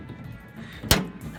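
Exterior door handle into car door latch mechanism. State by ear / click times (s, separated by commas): seated / 0.9 s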